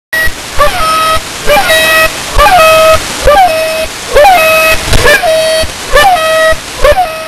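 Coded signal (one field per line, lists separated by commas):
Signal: channel marker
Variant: The Goose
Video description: The Goose is a new Russian channel marker, sort of a combination of The Pip and The Airhorn.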